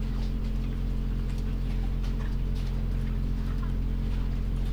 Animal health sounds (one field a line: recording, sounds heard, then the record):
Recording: poultry house recording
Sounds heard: sick chickens (respiratory disease)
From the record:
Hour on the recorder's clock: 1